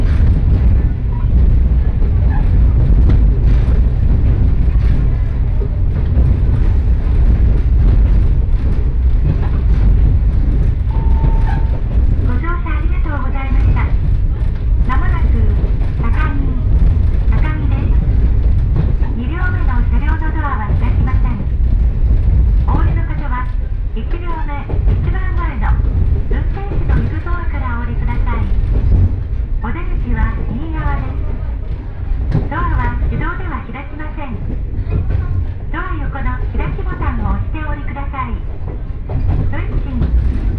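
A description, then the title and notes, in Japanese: A two-car diesel railcar runs along at an easy pace, its low engine rumble steady throughout. Voices talk over the drone from around twelve seconds on, in short clustered bursts, while the level stays nearly constant with a slight dip near thirty-three seconds. 耳で楽しむ鉄道旅 城端線 油田→城端。城端線の終点城端駅は山がすぐ近くまで迫ってきており、その先には五箇山が控えているいわゆる行き止まりらしさが残る駅です。途中の砺波駅あたりまでは地元民の乗り降りが多く、そこから先は秋の乗り放題切符を持った人たちばかりと思われます。昔ながらの塗装の気動車が2両のんびりと走っていきます。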